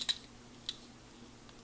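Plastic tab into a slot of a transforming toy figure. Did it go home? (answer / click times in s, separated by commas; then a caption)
no / none. A plastic tab on a Transformers Titans Return Deluxe Class transforming toy figure is pushed toward its slot while it is not completely lined up. Only a few faint, brief plastic ticks are heard around 0.1, 0.7 and 1.7 seconds over quiet background. Nothing has snapped or clicked into place yet.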